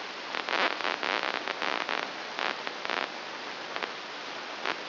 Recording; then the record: brain microelectrode recording played as sound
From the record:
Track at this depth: inside the subthalamic nucleus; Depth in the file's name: 4.402 mm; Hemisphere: right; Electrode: 2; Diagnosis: Parkinson's disease